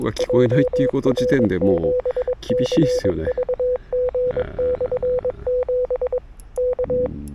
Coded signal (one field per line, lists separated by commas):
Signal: Morse code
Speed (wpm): 22 wpm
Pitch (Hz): 500 Hz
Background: speech, radio noise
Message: JR7CVG/7 K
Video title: 久しぶりの移動運用 なんとかPOTA成功 / A Rough POTA Activation｜FTX-1F 5W + RHM12｜POTA at Sanriku Fukko National Park